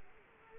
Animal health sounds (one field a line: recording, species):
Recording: mosquito wingbeat signal from an infrared sensor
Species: Culex quinquefasciatus